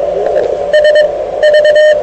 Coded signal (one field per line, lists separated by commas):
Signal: Morse code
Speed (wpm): 22 wpm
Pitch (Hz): 1850 Hz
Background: radio noise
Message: SV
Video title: qso2